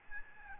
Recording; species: mosquito wingbeat signal from an infrared sensor; Aedes albopictus